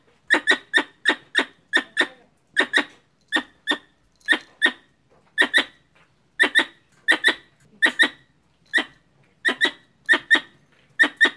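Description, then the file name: Squirrel calling with rapid clicky squeaks, first in a fast run, then in uneven pairs and triplets that keep coming throughout. Female calling a male. "tieng soc cai goi duc soc bong"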